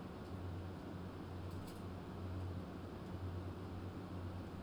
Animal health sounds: poultry house recording; no chicken sound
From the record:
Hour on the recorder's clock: 23

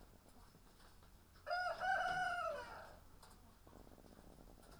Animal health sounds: poultry house recording; sick chickens (respiratory disease)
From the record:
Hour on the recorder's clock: 9

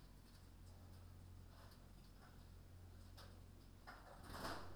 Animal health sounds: poultry house recording; no chicken sound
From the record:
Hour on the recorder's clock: 22

